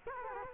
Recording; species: mosquito wingbeat signal from an infrared sensor; Culex quinquefasciatus